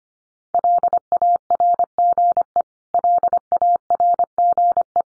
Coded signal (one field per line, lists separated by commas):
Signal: Morse code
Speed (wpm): 25 wpm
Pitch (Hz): 700 Hz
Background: none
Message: LARGE LARGE